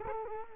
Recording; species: mosquito wingbeat signal from an infrared sensor; Culex quinquefasciatus